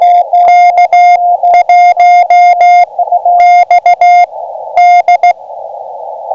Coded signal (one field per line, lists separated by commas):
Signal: Morse code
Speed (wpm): 16 wpm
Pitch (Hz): 2100 Hz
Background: none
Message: K1XD